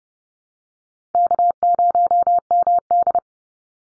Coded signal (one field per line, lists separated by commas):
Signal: Morse code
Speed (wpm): 30 wpm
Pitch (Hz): 700 Hz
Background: none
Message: K0MD